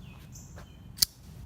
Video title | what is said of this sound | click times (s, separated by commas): Steve Skiff Accomplice (Guest Blade) | Yeah, it snaps out pretty damn quick. | 1.0 s